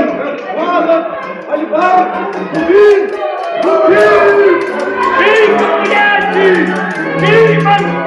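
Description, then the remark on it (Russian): A street brawl at sunrise in the streets of Verona, servants and masters of two families fighting with swords, many voices shouting and yelling over one another in a loud, continuous uproar of raised cries that swells and overlaps for several seconds. “За слугамі гаспадары мячы свае вымаюць, і жорсткі бой кіпіць, і льецца кроў на вуліцах Верона.”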